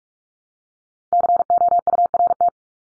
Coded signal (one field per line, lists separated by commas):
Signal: Morse code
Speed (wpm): 44 wpm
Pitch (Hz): 700 Hz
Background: none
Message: COURT